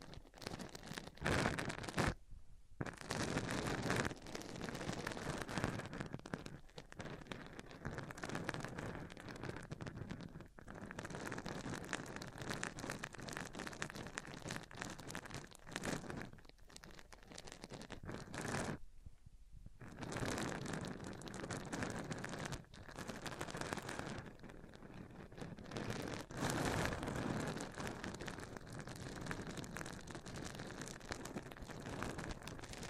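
Microphones rubbed across surfaces make dense, scratchy rustling and scraping in uneven strokes, broken by brief silent gaps near 2, 10, 19 and 26 seconds.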